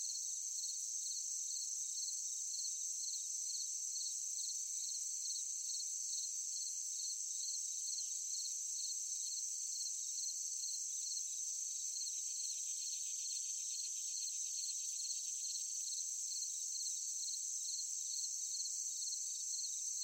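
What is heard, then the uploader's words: Crickets and other insects chirr without pause in a forest at night, forming a dense, bright, high-pitched wall of sound. A fast, regular pulsing runs through the chorus, and the level holds steady for the whole stretch. Nothing low or deep sounds beneath it. Sound of forest at night, crickets, cicadas, insects. Summer.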